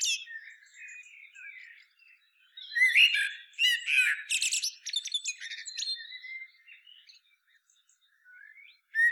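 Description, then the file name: Common blackbird song: low fluted warbling phrases, then bursts of high squeaky twittering, with quieter phrases between loud ones. "Turdus merula"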